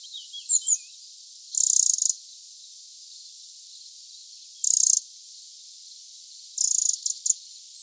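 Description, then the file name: Eurasian wren with three loud high buzzy rattles spaced a few seconds apart, plus several faint thin chirps early on and between. "Troglodytes troglodytes"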